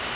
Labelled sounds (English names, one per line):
Yellow-rumped Warbler flight call